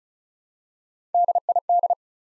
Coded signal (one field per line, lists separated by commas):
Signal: Morse code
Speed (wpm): 36 wpm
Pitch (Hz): 700 Hz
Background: none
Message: DID